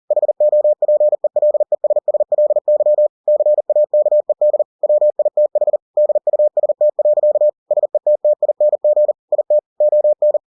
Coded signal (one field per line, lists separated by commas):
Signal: Morse code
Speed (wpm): 40 wpm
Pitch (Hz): 600 Hz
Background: none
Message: HOPELESSLY CAKED WITH DUST. SETTING IT ON